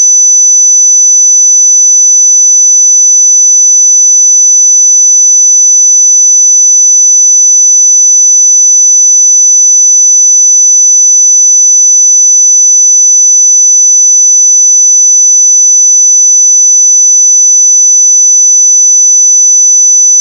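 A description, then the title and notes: A pure 6000 Hz sine tone sounds on its own, high and thin, holding a single unwavering pitch. It stays at one level for the full twenty seconds with no breaks, no other sounds and a silent background. 6000 Hz 1 Hz Interval Sine Pure Tone Frequency 441000 Sample Mono.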